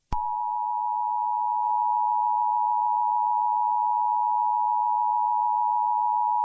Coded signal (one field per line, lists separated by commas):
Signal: Emergency Alert System (SAME) tones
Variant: 853 and 960 Hz attention tone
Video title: EAS Short Scenario 35 - Tornadic Nightmare Path